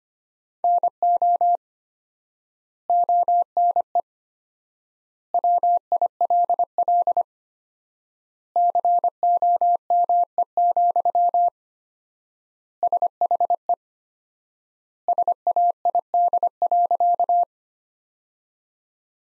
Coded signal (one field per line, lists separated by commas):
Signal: Morse code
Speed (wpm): 25 wpm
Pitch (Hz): 700 Hz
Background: none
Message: NO ONE WILL COME, SHE SAID.